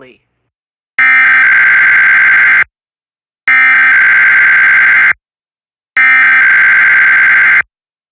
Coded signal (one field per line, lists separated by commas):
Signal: Emergency Alert System (SAME) tones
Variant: header bursts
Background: speech